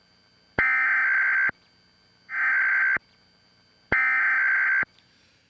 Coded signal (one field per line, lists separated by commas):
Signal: Emergency Alert System (SAME) tones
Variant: header bursts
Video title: Andrew Getty murdered? Emergency Alert System announcements from President, CA water restrictions